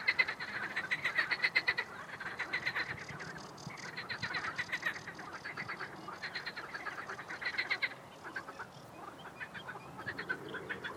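Marsh frogs calling in a dense chorus, rapid rattling croaks pulsing in bursts with several frogs overlapping throughout.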